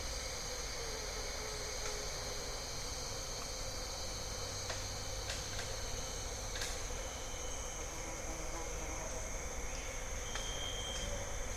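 An evening chorus of bird-voiced treefrogs forms a dense, steady wash of trilling calls that runs through the whole recording without a break. Several thin, high whistle-like tones hold level on top, and a few brief sharp chirps stand out around the middle.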